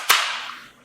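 After a strip of 2-inch 18 gauge brad nails is loaded, the magazine slide of a Milwaukee M18 18 gauge brad nailer is pushed closed into the nailer body. It snaps shut with one sharp, bright click at 0.1 s, followed by a fading ring. The magazine locks into place.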